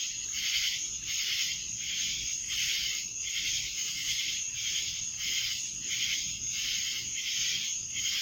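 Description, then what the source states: High, sizzling cicada chorus, pulsing throughout. Cicadas in Annapolis, July 2012.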